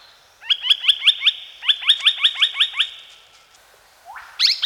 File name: Australian logrunner